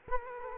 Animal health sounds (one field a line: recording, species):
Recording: mosquito wingbeat signal from an infrared sensor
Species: Culex quinquefasciatus